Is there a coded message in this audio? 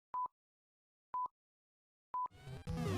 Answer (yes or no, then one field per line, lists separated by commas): no